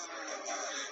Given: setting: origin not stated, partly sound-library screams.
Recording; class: one-second piece from a danger detection set; woman in danger